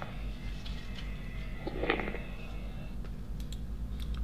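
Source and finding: Lungs by stethoscope. Moist crackles (rales).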